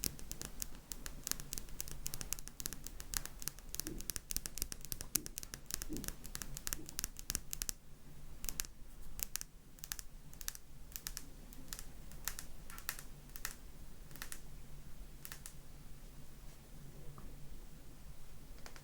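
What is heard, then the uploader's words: Tapping in quick, sharp clicks, packed densely and irregularly through the first eight seconds, then thinning to scattered, spaced taps for the rest. Each tap is crisp and bright, resembling keyboard typing. A low, steady hum runs underneath throughout. ASMRMystic 7 Tapping.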